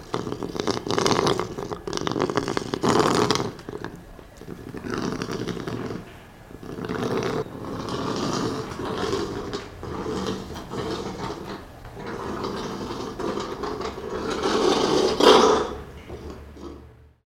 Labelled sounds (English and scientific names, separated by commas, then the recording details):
Asian Golden Cat (Catopuma temminckii)
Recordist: Tembrock, Günter
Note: Knurrlaute eines Männchens